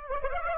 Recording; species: mosquito wingbeat signal from an infrared sensor; Aedes aegypti